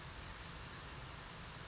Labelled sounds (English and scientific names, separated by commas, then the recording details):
Western Flycatcher (Empidonax difficilis)
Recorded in Sonoma County, California